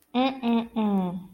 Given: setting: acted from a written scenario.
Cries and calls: vocal sound without words; disappointment

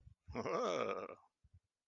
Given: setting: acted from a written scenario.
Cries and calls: vocal sound without words; positive surprise

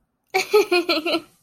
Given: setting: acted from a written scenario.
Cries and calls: vocal sound without words; amusement

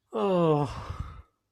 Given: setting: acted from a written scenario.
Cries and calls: vocal sound without words; relief

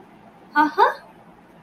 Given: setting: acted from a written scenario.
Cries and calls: vocal sound without words; pride

